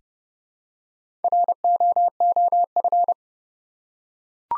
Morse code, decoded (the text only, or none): ROOF